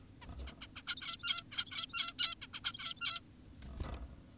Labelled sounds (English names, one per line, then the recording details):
Zebra Finch
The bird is an adult
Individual g17y2U